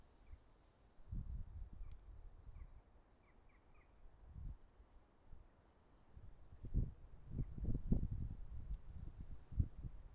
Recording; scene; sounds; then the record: everyday scene through a hearing-aid microphone; wind on the microphone; wind, traffic, birds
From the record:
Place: suburban garden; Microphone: behind the ear, right, front